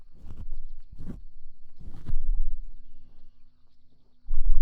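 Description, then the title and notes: Cow breathing and snuffling, with several rough low bursts followed by quieter rustling and one more loud burst at the end. Recorded overnight; the cow left spittle on the microphone windscreen. "Cow Love. I don't know how my microphone windscreen got covered by cow spittle overnight"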